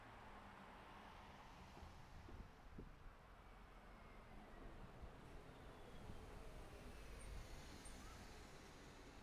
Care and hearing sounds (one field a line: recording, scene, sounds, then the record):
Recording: everyday scene through a hearing-aid microphone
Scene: in traffic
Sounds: traffic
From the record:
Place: city secondary road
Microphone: behind the ear, right, rear